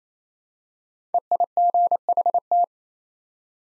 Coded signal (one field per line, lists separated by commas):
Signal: Morse code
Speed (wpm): 28 wpm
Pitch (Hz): 700 Hz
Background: none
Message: EIGHT